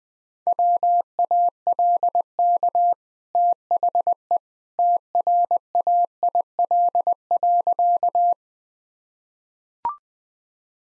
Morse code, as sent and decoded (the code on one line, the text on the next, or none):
.-- .- .-.. -.- / - .... . / - .-. .- .. .-.. .-.-.-
WALK THE TRAIL.